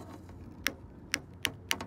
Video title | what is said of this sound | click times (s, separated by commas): How to Attach Solar MC4 Connectors + VanLife + Mukbang | hear that clicking that's what you know you're done and boom that's it you've got a perfect mc4 crimp connector there | 0.7 s, 1.1 s, 1.4 s, 1.7 s